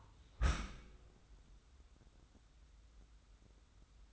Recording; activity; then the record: daily activity, microphone in the room; close dishwasher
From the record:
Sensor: 3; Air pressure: 994.3 hPa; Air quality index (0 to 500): 209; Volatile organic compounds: 1000 ppm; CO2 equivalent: 6988 ppm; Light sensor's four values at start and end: 171/411/172/169 and 170/408/171/168